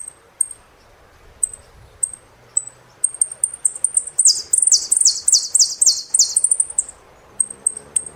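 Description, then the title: Saffron finch song: isolated high chips, then a steady series of descending sweeps repeated rapidly, ending again in short chips. "Jilguero Argentino"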